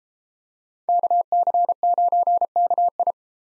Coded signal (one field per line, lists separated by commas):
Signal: Morse code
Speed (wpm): 33 wpm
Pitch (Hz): 700 Hz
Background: none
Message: KC9KI